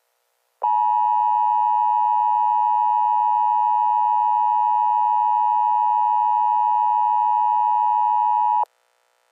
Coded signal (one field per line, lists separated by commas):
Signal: Emergency Alert System (SAME) tones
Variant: 853 and 960 Hz attention tone